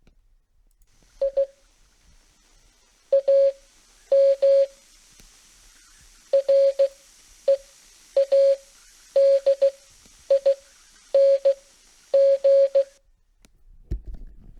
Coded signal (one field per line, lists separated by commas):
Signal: Morse code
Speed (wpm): 15 wpm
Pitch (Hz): 550 Hz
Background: none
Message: I AM READING